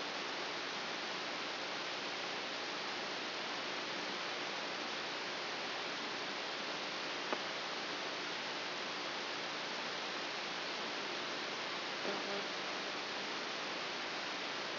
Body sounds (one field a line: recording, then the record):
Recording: brain microelectrode recording played as sound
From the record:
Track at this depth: outside the subthalamic nucleus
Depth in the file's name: 5.401 mm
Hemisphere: right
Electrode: 3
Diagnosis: Parkinson's disease